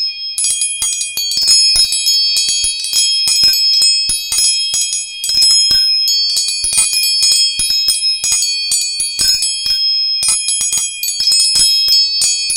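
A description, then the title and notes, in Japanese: Tuning forks ring with steady, bright, high pure tones that hold nearly unbroken across the whole clip, several pitches layered at once. Rapid metallic taps and ticks strike again and again throughout, with a brief lull near ten seconds. 音叉チューニング。396hz。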